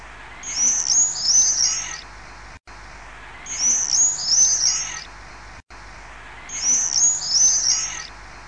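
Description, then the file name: Common swift giving piercing high-pitched screams, each burst about one and a half seconds long, heard three times in a steady rhythm every three seconds. "Rondone"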